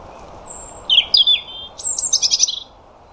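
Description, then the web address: European robin song, a high thin whistle then descending warbled notes and a rapid sparkling trill, steady low hiss underneath. "Deverinetal 2025 File origin Bird Only Er Ru"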